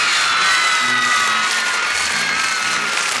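A crowd applauds and cheers loudly and steadily, with dense clapping and shrill whoops and shouts rising above the roar throughout.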